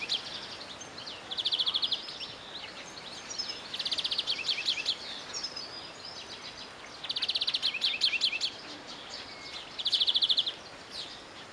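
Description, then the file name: European greenfinch giving high, rapid twittering trills in several short bursts, with quieter gaps between, over a steady background hiss. "Chloris chloris"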